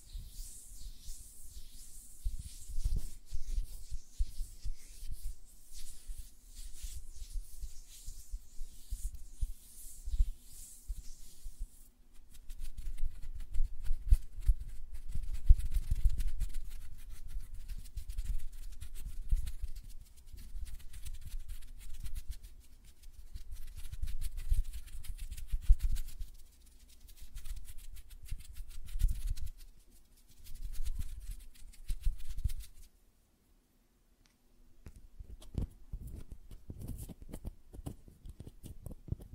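Hand sounds with fluttering fingers and soft tapping, a dense low rumble of rapid strokes with a hiss early, pausing near 34 seconds.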